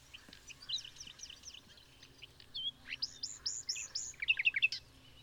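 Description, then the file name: Common nightingale singing a dense, continuous stream of varied chirps and whistled notes, rising to a rapid run of loud clipped notes near the end. "Luscinia megarhynchos"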